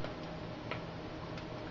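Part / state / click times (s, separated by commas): plastic case halves of a handheld touchscreen remote control / seated / 0.7 s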